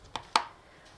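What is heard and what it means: A battery pack is released from a camcorder's battery bay by pressing the push release button, then slid up and pulled straight out. Two sharp plastic knocks are heard at 0.2 s and 0.4 s, the second louder. Quiet background follows.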